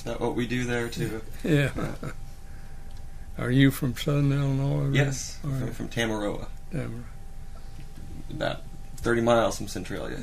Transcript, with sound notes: That’s what we do there too.
Yeah. [Chuckling] Are you from southern Illinois?
Yes, we are from Tamaroa. About thirty miles from Centralia.